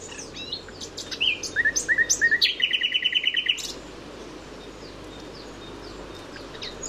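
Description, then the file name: Common nightingale song: a few whistled notes, then a loud rapid rattle of repeated notes lasting over a second, followed by quiet hiss. "Luscinia megarhynchos"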